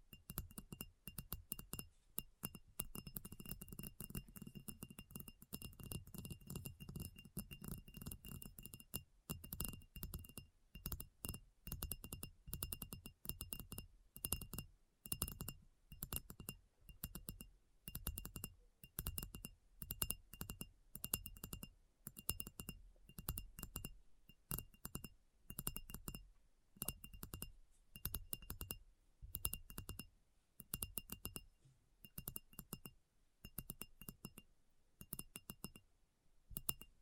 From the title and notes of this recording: ASMR Addictive Tapping. (No Talking).